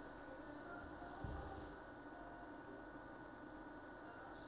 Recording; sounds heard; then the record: poultry house recording; no chicken sound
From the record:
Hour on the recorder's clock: 6